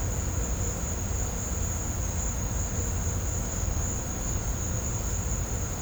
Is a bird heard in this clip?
no